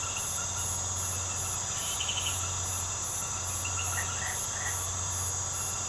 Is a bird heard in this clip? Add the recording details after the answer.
no. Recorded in secondary vegetation near Puerto Asís, Putumayo, Colombia, on 24 March 2025 at 22:00. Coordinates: 0.468, -76.324. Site G059